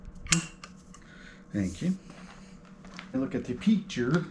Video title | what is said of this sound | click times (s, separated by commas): Cat-back on my 2022 Toyota GR86 | you going want to turn that until it clicks | 0.3 s